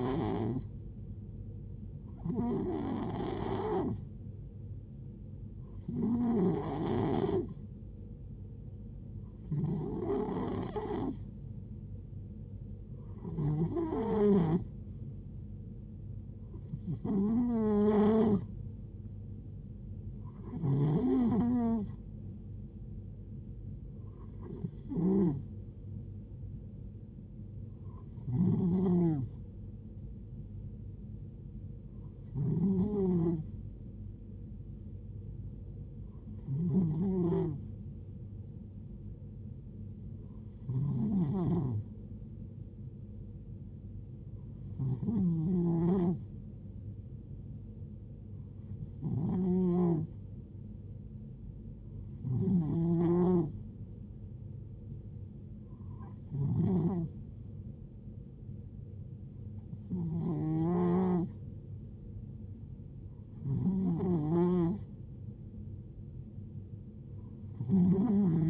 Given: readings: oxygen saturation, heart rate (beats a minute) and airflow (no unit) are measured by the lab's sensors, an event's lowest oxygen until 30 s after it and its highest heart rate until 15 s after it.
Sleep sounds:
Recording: breathing in sleep by a smartphone at the bedside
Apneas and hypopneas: none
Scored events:
none scored
From the record:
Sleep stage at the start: N2 (light sleep)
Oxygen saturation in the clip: 90 to 93%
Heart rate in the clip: 66 to 74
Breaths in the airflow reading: 19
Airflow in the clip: -6.5 to 5.3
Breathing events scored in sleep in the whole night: 389 in 6.3 hours asleep

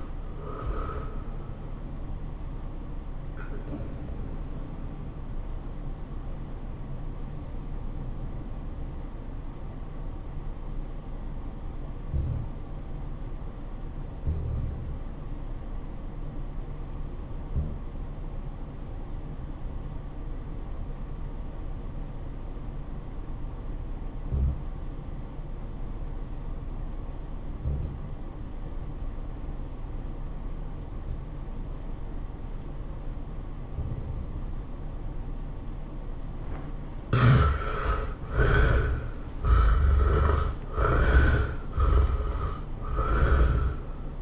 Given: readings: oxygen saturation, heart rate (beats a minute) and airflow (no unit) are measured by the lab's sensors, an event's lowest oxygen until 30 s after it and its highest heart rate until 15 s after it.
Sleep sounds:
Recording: breathing in sleep by a smartphone at the bedside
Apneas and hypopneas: 1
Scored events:
13.00-38.50 s: obstructive apnea (REM, oxygen 94% highest, then 74% lowest, heart rate 96 at the start, 112 highest)
From the record:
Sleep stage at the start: REM sleep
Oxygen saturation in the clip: 73 to 94%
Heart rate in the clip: 84 to 109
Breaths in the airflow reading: 4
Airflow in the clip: -13.9 to 10.3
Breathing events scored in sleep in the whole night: 403 in 5.5 hours asleep

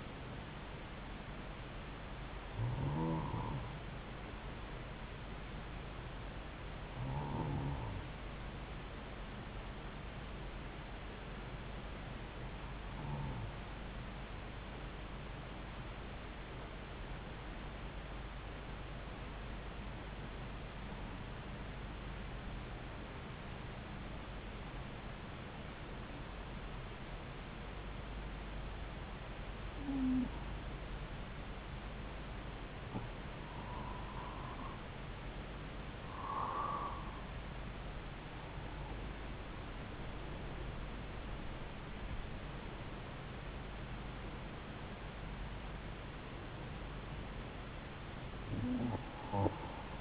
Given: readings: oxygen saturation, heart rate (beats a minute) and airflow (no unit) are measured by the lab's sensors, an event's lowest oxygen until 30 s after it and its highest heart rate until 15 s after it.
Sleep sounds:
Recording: breathing in sleep by a voice recorder at the bedside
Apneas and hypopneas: 1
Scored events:
7.00-37.00 s: new sleep stage, N2 (light sleep)
14.00-38.40 s: hypopnea (N2, oxygen 95% highest, then 91% lowest)
37.00-50.01 s: new sleep stage, N1 (lightest sleep)
From the record:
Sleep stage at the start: N1 (lightest sleep)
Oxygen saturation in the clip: 92 to 95%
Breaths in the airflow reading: 12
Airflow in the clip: -6.7 to 9.1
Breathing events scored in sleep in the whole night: 270 in 6.1 hours asleep

